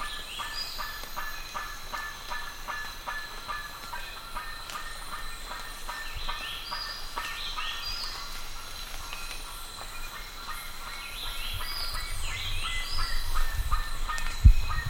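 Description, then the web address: Bird calls, a quick series of clipped harmonic notes, mixed with higher sliding whistles, over low rumbling background noise that swells near the end. "BIRD 2015 SABIOD 50 bird 2015"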